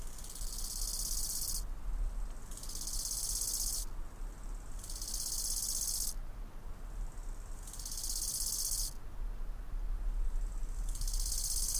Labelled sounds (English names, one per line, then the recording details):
Bow-winged Grasshopper stridulation
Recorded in the wild
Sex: male
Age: imago
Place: Waldsieversdorf, Märkische Schweiz, Brandenburg, DE
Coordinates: 52.5331, 14.0719
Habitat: dirt road
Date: 1992-08-22 14:45
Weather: sunny, 27°C
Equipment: Sony WM-D6C, Sennheiser ME 80, K 30 AV
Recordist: Frommolt, Karl-Heinz